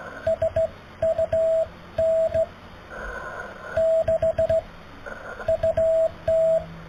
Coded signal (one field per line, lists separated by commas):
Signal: Morse code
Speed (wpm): 15 wpm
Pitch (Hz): 650 Hz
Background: radio noise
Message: SUN 6 UT